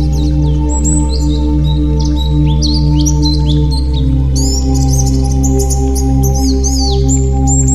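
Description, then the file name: White-eye twittering: varied high chirps and short slurred whistles, growing busier toward the end, over a continuous low hum. White-eye 'terapi' (therapy) song. "terapi pleci"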